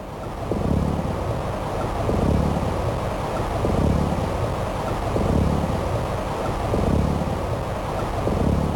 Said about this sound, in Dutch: Laten we eens even naar wat geluiden luisteren. We horen een kabeljauw uit de Waddenzee.